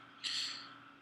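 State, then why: Not seated. The plastic top media container of an API Nexx aquarium canister filter cartridge is being pushed onto the base pedestal. A soft, hissing scrape rises at about 0.2 s and fades slowly over the rest of the second. Nothing has clicked or seated yet.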